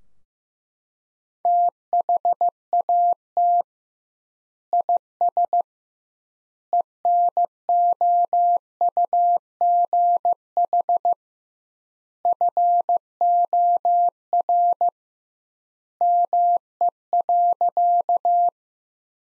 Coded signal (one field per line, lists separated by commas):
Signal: Morse code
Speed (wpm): 15 wpm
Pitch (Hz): 700 Hz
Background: none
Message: THAT IS ENOUGH FOR ME.